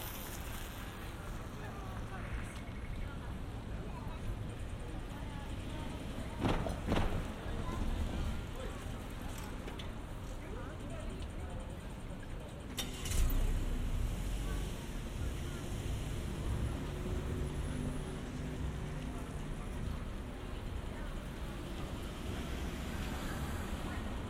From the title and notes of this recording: Generative soundscape based on a two-dimensional random walk between four binaural soundscapes recorded at different tram stations or tram rides in cities around the world. Riding a tram through Kyoto (Japan).